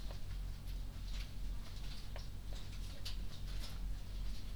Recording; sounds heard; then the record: poultry house recording; no chicken sound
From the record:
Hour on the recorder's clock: 19